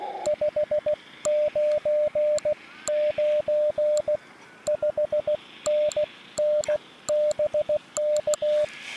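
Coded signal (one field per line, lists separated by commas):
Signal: Morse code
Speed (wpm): 15 wpm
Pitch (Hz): 600 Hz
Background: radio noise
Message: 599 5NN BK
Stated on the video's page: Beginner's CW contacts at 16 wpm, 10 W from an IC-705 into an RHM12 antenna, on a riverbank portable outing; five stations answered a CQ, with QSB fading.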